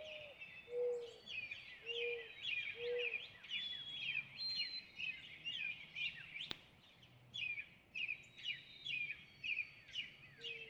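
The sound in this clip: Northern cardinal song: long strings of slurred whistled notes, with a sharp click midway.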